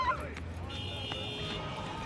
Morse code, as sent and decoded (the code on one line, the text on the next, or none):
none